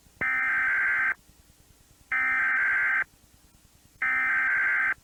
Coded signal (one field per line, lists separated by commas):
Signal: Emergency Alert System (SAME) tones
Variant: header bursts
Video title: All EAS Alerts by year part 1